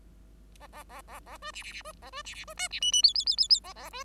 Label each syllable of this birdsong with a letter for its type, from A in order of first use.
A A A A A B C C C B A B C C B D C E E F F F F F A A B